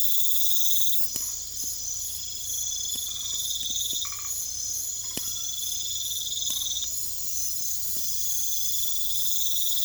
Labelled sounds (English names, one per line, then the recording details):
none
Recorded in pastures near Puerto Asís, Putumayo, Colombia, on 21 December 2024 at 21:00
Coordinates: 0.487, -76.322
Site GP09